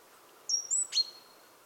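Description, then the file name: Great tit call: two thin, very high whistled notes followed by one sharp, ringing note, once, over quiet background noise. "Parus major"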